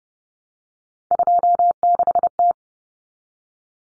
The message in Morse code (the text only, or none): 26T